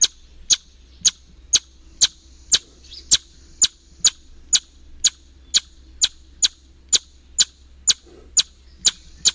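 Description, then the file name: A Eastern chipmunk giving sharp, high chip calls, repeated steadily about twice a second, with a faint low hum underneath. "EACH chip"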